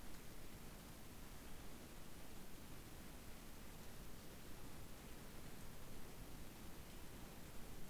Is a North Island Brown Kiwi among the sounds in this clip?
no